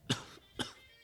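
Two short, harsh coughs about half a second apart from an adult man, indoors, sounding like a smoker's cough.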